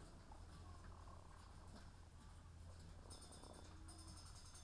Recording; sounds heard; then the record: poultry house recording; sick chickens (respiratory disease)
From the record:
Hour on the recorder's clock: 13